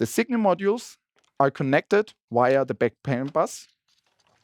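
Someone talks while a plastic signal module is being handled for attachment to the backplane connection of a SIMATIC S7-1200 G2 PLC controller. A couple of faint, brief ticks come near 4.2 s and 4.3 s after the talking stops. The module has not yet clicked or seated on the backplane.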